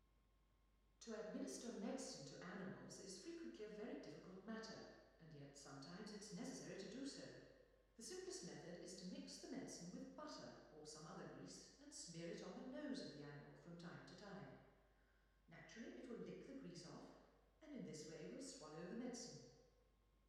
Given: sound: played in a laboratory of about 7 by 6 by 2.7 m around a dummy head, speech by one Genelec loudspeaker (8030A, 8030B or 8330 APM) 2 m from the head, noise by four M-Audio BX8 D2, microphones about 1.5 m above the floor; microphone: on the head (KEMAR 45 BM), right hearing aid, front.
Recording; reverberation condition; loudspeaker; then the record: female speech in English; high; behind (180 degrees)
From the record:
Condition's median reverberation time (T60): about 1300 ms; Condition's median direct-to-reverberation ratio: about -4.0 dB